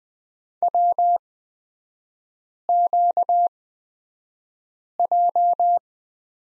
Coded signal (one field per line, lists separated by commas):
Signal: Morse code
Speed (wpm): 20 wpm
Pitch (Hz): 700 Hz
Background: none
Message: WQJ